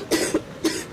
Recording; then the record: coughing mixed with background sound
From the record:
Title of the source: 55 gaggy wet cough